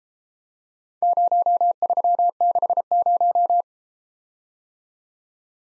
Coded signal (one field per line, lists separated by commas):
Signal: Morse code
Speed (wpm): 32 wpm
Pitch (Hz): 700 Hz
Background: none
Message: 0360